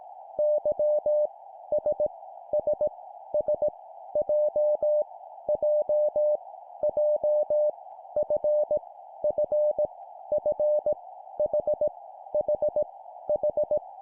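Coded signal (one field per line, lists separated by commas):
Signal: Morse code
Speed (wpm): 18 wpm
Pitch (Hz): 600 Hz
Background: none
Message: Y S S S J J J F F F H H H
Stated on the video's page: Morse practice drill at 17 wpm, random letters each repeated three times.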